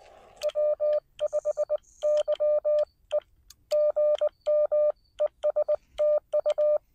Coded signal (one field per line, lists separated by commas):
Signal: Morse code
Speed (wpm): 20 wpm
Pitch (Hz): 590 Hz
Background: none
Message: W5YE GM ES TU